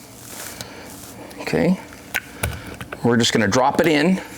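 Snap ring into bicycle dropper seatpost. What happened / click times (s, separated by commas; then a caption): Metal ring handled, not yet seated / none. A metal snap ring is handled over a bicycle dropper seatpost, about to be dropped in under the hooks into its groove, while someone talks. Brief light ticks of handling are heard around 0.6, 2.2, 2.4, 2.8 and 2.9 seconds. Nothing has seated or clicked into the groove yet.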